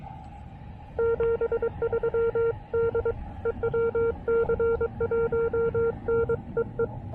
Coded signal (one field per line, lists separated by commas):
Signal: Morse code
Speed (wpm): 22 wpm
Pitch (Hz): 460 Hz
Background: none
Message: 73 DE WC1N EE